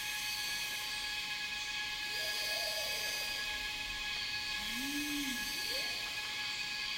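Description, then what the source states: Cicadas producing a steady, hissing buzz with ringing tones throughout, under low rising whistles and a soft, round arched bird hoot. Cicadas in a rainforest, recorded together with birds.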